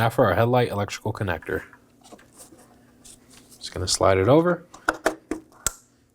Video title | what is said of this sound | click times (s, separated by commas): How to Replace Windshield Washer Reservoir 2018-2024 Chevrolet Equinox | Make sure you hear that click. | 5.7 s